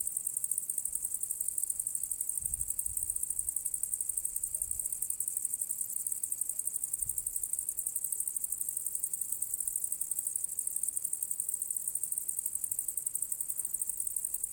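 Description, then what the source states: Cricket: steady, shrill, dense high buzzing pulse that never stops, with occasional faint low knocks. Recorded on the southern slope of the path to the Cosilinium archaeological area; Zoom H6 recorder with MS capsule.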